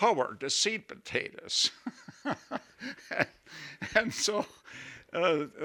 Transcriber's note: he laughs